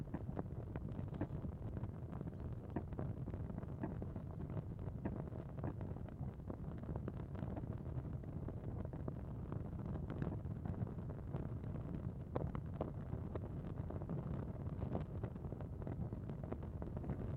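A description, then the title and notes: Fires roar steadily from vents in the rock, a dense low rumble with constant small crackles and gusty wind buffeting. Yanartaş ([janaɾˈtaʃ], Turkish for "flaming stone") is a geographical feature near the Olympos valley and national park in Antalya Province in southwestern Turkey. It is the site of dozens of small fires which burn constantly from vents in the rocks on the side of the mountain.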